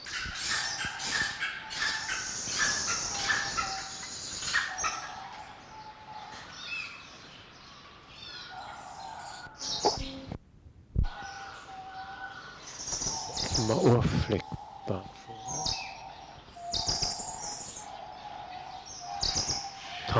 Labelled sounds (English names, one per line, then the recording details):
D'Arnaud's Barbet call
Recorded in captivity
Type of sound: call sequence
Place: Zoo Berlin, Berlin, DE
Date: 1986-11-14 12:02
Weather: sunny 7 - 8°
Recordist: Tembrock, Günter